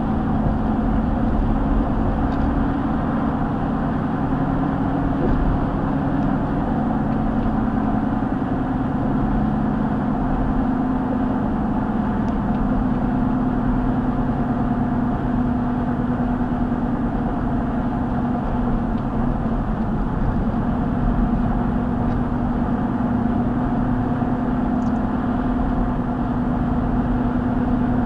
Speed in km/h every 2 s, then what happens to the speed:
92, 92, 92, 92, 89, 87, 85, 84, 82, 82, 81, 82, 84, 82.
0-28 slows to 82.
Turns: none.